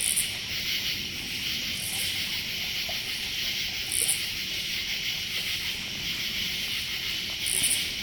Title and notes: Nighttime chorus by the pool, Westchester, New York, USA on 25th August 2023 – by Jon Moskowitz. Recorded on a late night in August. Heavy cricket and cicada season